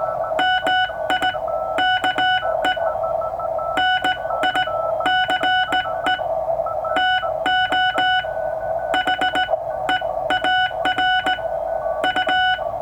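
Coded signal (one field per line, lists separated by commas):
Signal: Morse code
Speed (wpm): 18 wpm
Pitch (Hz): 1480 Hz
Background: none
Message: MIKE NICE TO HEAR U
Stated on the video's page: Straight Key Night QSO sent on a German Junker straight key with a 1977 Ten-Tec Century/21 CW-only Novice rig at 15 watts.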